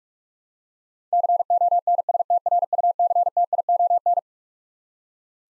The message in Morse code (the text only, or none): CONSTRUCTION